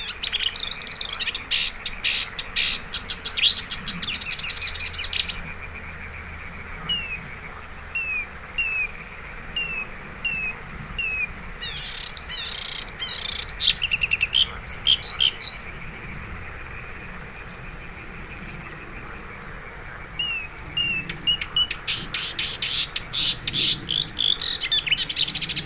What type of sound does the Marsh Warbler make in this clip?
song